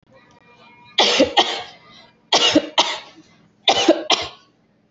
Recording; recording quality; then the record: heavy voluntary cough; excellent, no background noise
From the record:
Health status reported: healthy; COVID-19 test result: not tested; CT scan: not taken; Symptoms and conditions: none ticked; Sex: female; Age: 25 years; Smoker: no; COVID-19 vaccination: both doses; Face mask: worn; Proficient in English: yes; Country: India